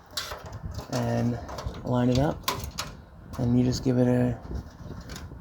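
Someone talks while the metal I/O shield that came with the motherboard is lined up from the inside in the rear opening of a PC case, audio ports down, with brief sharp handling sounds around 0.2 s, 2.8 s and 5.2 s. Nothing has been pressed in or clicked into place yet.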